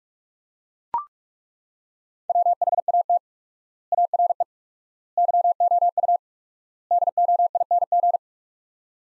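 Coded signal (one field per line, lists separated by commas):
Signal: Morse code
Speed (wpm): 42 wpm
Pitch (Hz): 700 Hz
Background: none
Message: WHAT ARE YOU DOING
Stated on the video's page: Morse practice at 45 wpm sending sets of four words with 4x word spacing, a Farnsworth-like method.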